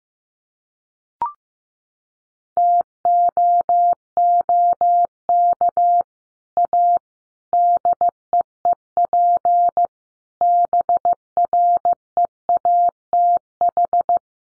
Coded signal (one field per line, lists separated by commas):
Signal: Morse code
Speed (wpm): 15 wpm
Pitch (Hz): 700 Hz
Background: none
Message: TOOK A DEEP BREATH